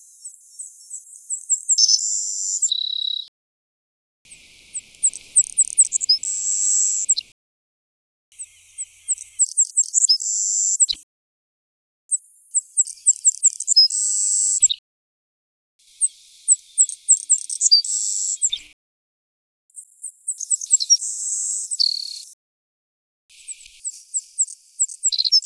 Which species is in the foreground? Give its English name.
Savannah Sparrow